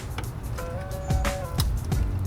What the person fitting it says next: You hear a little click.